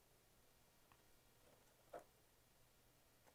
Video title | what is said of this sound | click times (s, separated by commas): How To Install and Use The FlashTune Yamaha YZF R7 Tune Kit | until you hear it clip in place and you can also come to the front | 1.9 s